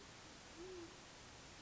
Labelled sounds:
Great Horned Owl
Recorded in Sonoma County, California

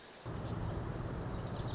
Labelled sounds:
Wilson's Warbler
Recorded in Sonoma County, California

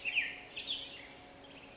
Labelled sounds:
Black-headed Grosbeak
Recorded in Sonoma County, California

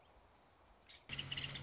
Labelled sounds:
Nuttall's Woodpecker
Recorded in Sonoma County, California

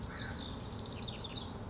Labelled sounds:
House Wren
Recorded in Sonoma County, California

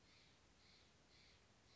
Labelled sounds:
Steller's Jay
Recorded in Sonoma County, California

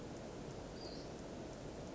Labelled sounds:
Western Flycatcher
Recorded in Sonoma County, California

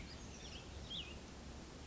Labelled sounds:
Cassin's Vireo
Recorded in Sonoma County, California

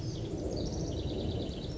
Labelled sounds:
House Wren
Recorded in Sonoma County, California

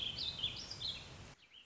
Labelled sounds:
Warbling Vireo
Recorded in Sonoma County, California

